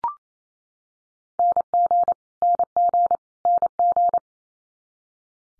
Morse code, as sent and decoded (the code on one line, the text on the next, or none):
-. --. / -. --. / -. --.
NG NG NG